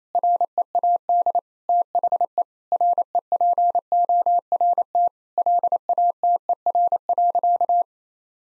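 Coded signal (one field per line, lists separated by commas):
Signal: Morse code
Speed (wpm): 28 wpm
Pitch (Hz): 700 Hz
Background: none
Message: READ THE REPORT LATER.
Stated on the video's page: Morse code practice at 28 wpm of sentences from the top 1000 words, each sent, spoken, then sent again.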